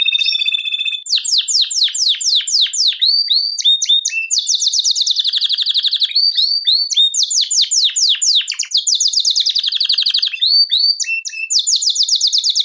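Canary song, a fast continuous run of high trills and rapid repeated notes, shifting between downward-sweeping phrases and buzzy rolled passages without pause.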